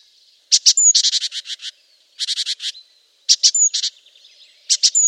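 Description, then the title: Great tit uttering buzzy, rattling bursts of rapid notes in several groups, separated by short pauses, with a faint high whistle within some bursts. "Great Tit (Parus major)"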